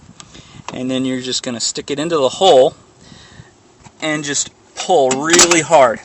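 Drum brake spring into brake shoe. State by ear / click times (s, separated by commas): not seated / none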